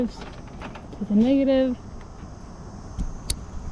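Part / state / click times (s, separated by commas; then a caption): solar panel cable connector into mating negative connector / seated / 3.3 s. Someone talks while the negative leads of two solar panel cables are pushed together. The plastic housing of the solar panel cable connector locks into its mating negative connector with a sharp click at 3.3 seconds, and the connector is seated.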